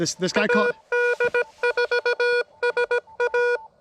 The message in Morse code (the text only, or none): AD4SA